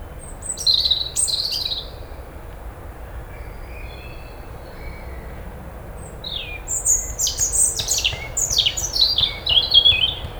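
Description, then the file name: European robin song: a short high warble near the start, then a longer burst of varied thin, tumbling high phrases over steady low background hiss. "Erithacus rubecula"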